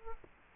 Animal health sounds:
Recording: mosquito wingbeat signal from an infrared sensor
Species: Culex quinquefasciatus

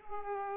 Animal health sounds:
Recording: mosquito wingbeat signal from an infrared sensor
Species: Aedes aegypti

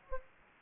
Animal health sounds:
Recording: mosquito wingbeat signal from an infrared sensor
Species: Anopheles gambiae

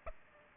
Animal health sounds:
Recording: mosquito wingbeat signal from an infrared sensor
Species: Aedes aegypti

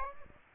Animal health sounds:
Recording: mosquito wingbeat signal from an infrared sensor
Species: Aedes aegypti

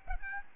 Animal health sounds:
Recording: mosquito wingbeat signal from an infrared sensor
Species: Aedes albopictus

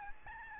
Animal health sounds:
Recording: mosquito wingbeat signal from an infrared sensor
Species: Aedes albopictus

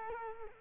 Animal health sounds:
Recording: mosquito wingbeat signal from an infrared sensor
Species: Culex quinquefasciatus

